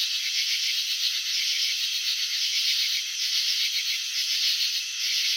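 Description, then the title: Cricket chirping, a continuous buzzy rattle of fast pulses that swells and fades gently in loudness. Cricket chirping, presented in a slow-motion video showing wing vibrations and antenna movements. "Crickets in Slow Motion 📷. Capturing the Elegance of Chirping"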